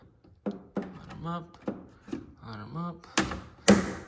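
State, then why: Seated. Someone talks while lining up the tabs on the back of a black plastic rear trim piece on an S650 Mustang, then pushes it home into the car body behind the bumper. A sharp click is heard at 3.7 s as the tabs seat into place.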